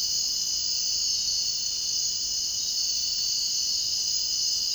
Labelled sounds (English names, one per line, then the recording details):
none
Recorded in dense forest near Puerto Asís, Putumayo, Colombia, on 22 June 2025 at 02:00
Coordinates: 0.499, -76.324
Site G100